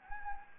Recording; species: mosquito wingbeat signal from an infrared sensor; Anopheles gambiae